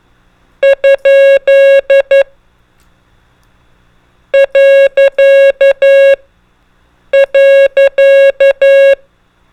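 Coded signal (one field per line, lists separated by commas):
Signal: Morse code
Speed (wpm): 11 wpm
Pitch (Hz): 550 Hz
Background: none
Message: ? . .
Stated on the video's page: Morse code trainer sending CW prosigns and most commonly used abbreviations.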